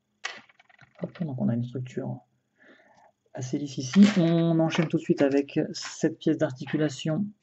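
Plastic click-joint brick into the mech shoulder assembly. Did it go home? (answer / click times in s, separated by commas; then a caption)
no / none. A plastic LEGO articulation (joint) piece for the shoulder assembly of the Ninjago Fire Stone Mech is handled next to the mech's smooth shoulder structure while someone talks. A few faint ticks of handling are heard, but the piece has not been pressed home and nothing has seated or clicked yet.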